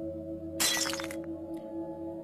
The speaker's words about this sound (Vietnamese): Cái gương trên bàn của Thúy Hạnh rơi xuống đất vỡ tan.